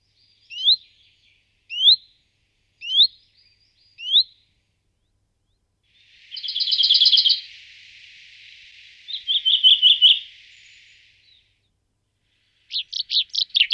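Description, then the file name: Common chaffinch calls: four separate rising whistled notes about a second apart, then a buzzy drawn-out rattle, a shorter trill, and a final quick burst of notes. "Penkava obecna Fringilla coelebs"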